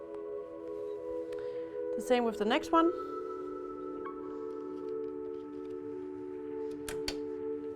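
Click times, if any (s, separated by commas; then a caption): 6.9 s, 7.1 s. A second RAM module is pushed down into its motherboard memory slot, and its two side clips seat with two sharp clicks at 6.9 s and 7.1 s. Someone talks near the start over steady tonal background music. The module is confirmed seated.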